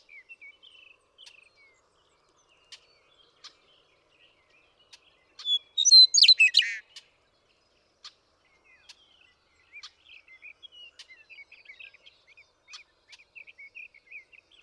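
Western meadowlark song, one loud phrase of sweeping descending notes midway, surrounded by faint, scattered high chirps.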